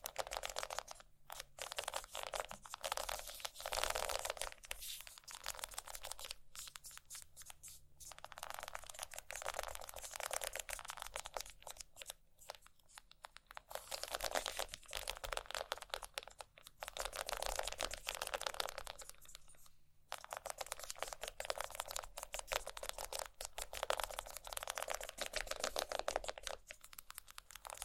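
Scratching sounds run almost continuously, a dense, bright, crackly rasp in quick strokes, broken by brief pauses near 1, 7, 12, 20 and 27 seconds.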